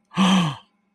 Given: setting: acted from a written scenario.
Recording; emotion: vocal sound without words; positive surprise